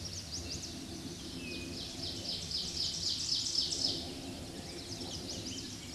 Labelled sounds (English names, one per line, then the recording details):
Ovenbird song
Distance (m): 50 m
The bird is about 5 m above the microphone
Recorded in a Pennsylvania forest on 16 May 2024 at 09:47
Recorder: AudioMoth, point MSD-2061
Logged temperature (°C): 16.1 °C
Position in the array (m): 264 m, 154 m